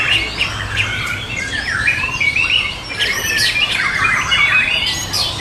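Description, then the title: Dense bird twittering of bright, high, swooping chirps, overlapping without pause above a faint low hum. "SuaraBurung Kicau"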